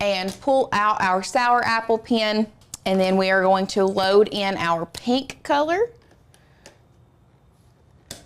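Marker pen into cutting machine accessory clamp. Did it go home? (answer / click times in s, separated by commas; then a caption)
yes / 8.1 s. Someone talks while swapping out a sour apple pen and pushing a pink plastic marker pen down into the accessory clamp of a Cricut cutting machine. After the talking stops, a few faint handling taps follow. A sharp click at 8.1 s marks the pen seating in the clamp.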